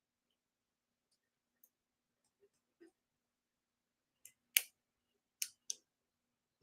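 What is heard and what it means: A motor is fitted into a plastic HO slot car chassis, and the chassis halves are pressed together, with faint plastic ticks at about 1.6, 2.4 and 2.8 s and a small click at 4.3 s. The halves snap into place with a sharp, loud click at 4.6 s, followed by two more crisp clicks at 5.4 and 5.7 s. The chassis is seated, though fitting the motor knocks the tire out of place.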